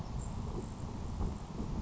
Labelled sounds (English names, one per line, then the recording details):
Grasshopper Sparrow
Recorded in Sonoma County, California